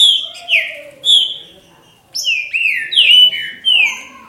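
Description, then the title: Green-winged saltator singing clear, downward-slurred whistles: a few opening notes, a pause, then a quicker run of several. "Trinca Ferro"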